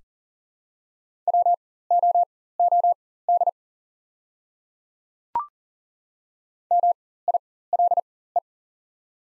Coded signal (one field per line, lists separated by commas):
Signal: Morse code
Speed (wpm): 40 wpm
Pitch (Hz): 700 Hz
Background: none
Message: WOOD MILE